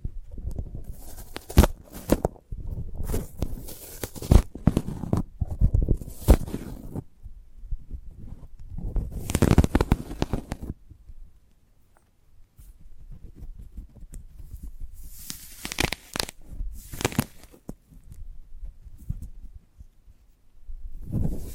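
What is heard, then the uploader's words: A sprouted coconut is handled and broken apart in bursts of crisp tearing, cracking and scraping, with sharp snaps around the first seven seconds and again near ten and fifteen to eighteen seconds. Quieter, duller rustling and low thuds fill the gaps between. ASMR of a Sprouted Coconut (No Talking).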